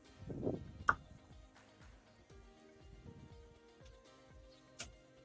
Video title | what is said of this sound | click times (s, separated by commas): Part 57 One Step Forward, Two Steps Backwards | I hear a click on that one | 0.9 s